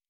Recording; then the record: hydrophone in a shrimp aquaculture tank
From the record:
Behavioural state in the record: normal